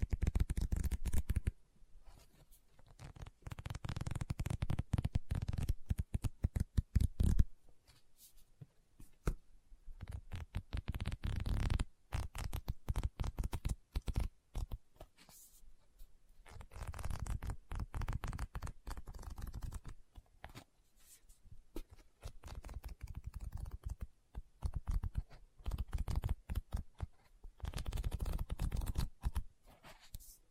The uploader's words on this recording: ASMR Book Tapping, Scratching, Page Turning(No Talking).